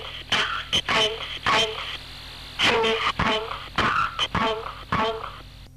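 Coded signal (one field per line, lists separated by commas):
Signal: numbers station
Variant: G02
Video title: G02 Swedish Rhapsody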